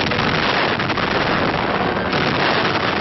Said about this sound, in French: C'est d'une distance de 50 km à bord d'un navire que l'explosion devait être commandée par radio.